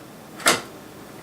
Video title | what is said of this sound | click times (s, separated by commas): How To Build a Computer - Part 2 - The Build Process | and it should just snap right into place | 0.5 s